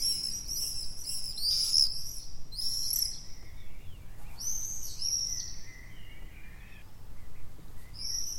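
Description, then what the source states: Common swift screaming calls, shrill high buzzy trills in bursts from several birds, with softer lower chirps in the background. Calls recorded on 6 June 2014.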